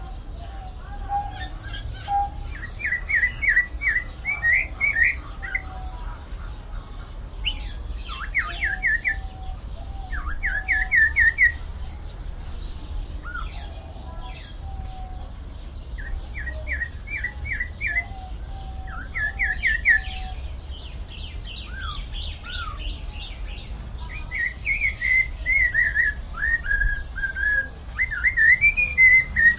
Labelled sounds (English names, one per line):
Vieillot's Barbet call